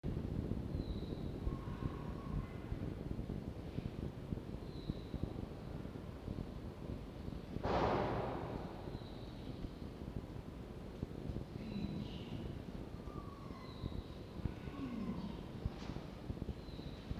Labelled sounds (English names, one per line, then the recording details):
Red Fox
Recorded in captivity
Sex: female
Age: adult
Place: Zoologisches Institut der HUB, Berlin, DE
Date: 1952-05-15
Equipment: Elmetra
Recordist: Tembrock, Günter
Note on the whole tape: Kurz vor der Geburt der Welpen im Wurfkasten. Fiffi: Begrüßungswinseln (einem Menschen - Dr. Ohm - gegenüber)